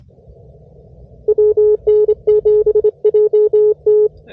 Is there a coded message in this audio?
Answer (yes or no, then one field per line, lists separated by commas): yes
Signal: Morse code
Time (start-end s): 1.3-4.1 s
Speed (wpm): 25 wpm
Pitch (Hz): 420 Hz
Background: none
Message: WN7JT